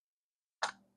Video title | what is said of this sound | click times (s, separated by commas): Camcorder Full HD 1080P 56MP Infrared Night Vision, 18X Digital Zoom How To Use Review | See how it releases it? | 0.6 s